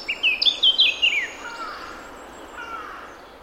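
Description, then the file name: Eurasian blackcap song, a fast bright warbled phrase of jumping notes lasting about a second, followed by fainter lower notes trailing off. "Sylvia atricapilla"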